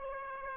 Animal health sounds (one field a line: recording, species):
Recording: mosquito wingbeat signal from an infrared sensor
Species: Aedes aegypti